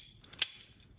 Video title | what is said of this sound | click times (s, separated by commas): Knocking Out the Winter Projects. Splitter Mounts, Catch Cans, Steering and More on the CP Camaro. | and it locks into place allows some adjustability there and | 0.4 s